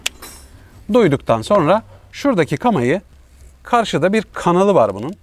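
A ring mechanism on a plastic male trailer electrical plug is turned until it clicks, preparing the plug to go into the towing vehicle's socket; without this click the plug cannot be fitted. A sharp, loud click at 0.1 s shows it has seated, followed by a faint rattle. Someone then talks.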